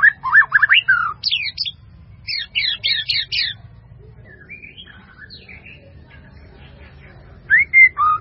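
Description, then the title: White-rumped Shama song: warbled whistles, then quick repeated buzzy notes, a long quiet stretch with faint notes, ending in rising and falling whistles over low hum. "murai batu"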